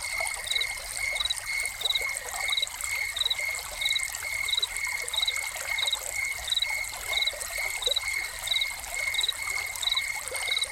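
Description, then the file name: Cricket song of short repeated pulsed chirps at a regular beat, accompanied by constant dribbling, splashing water. Crickets recorded together with a fountain as a soundscape. "Crickets and Fountain"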